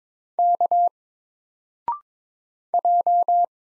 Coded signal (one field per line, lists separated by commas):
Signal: Morse code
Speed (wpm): 22 wpm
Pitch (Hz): 700 Hz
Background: none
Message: K J